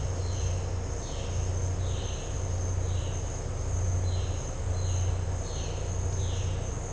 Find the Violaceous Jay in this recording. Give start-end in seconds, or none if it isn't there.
0.23-6.66